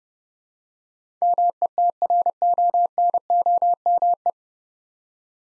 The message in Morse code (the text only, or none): METRONOME